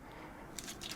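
The plastic upper torso section of a Studio Series 61 Voyager Class Sentinel Prime transforming action figure is lined up on its two small slots and tabs and collapses down into place. After quiet handling noise, a single sharp plastic tick sounds at 0.6 s, followed by faint rustling. The torso section seats into place.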